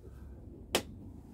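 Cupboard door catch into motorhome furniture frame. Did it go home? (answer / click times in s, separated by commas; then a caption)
yes / 0.8 s. In an Adria Twin Supreme 640 SGX motorhome, a cupboard or locker door with a pull-down handle is closed for the sixth time, and its catch latches into the furniture frame. A single sharp click sounds at 0.8 s over a quiet background, and the cupboard catch is seated shut.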